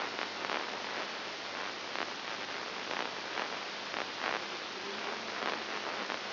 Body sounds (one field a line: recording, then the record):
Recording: brain microelectrode recording played as sound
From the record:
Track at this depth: inside the subthalamic nucleus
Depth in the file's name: 6.301 mm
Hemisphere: left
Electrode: 2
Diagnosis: Parkinson's disease